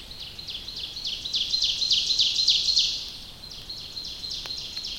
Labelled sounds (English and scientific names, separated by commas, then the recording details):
Ovenbird (Seiurus aurocapilla) song
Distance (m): 25 m
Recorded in boreal forest in Alberta, Canada, on 29 May 2016 at 07:24
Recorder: SongMeter 3, array SBT-3-49
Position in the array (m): 56 m, 262 m
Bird 14